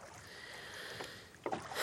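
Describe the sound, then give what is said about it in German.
Oars dip and splash through water as a small boat is rowed, with a steady watery hiss and a couple of sharper splashing strokes near the end. “Aber hören Sie doch mal auf zu rudern.”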